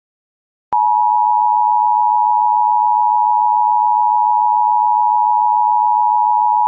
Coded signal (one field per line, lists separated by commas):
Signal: Emergency Alert System (SAME) tones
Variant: 853 and 960 Hz attention tone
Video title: EAS - Dangerous AMBER Alert issued in Tennessee for Girl Abducted by Unknown Armed Man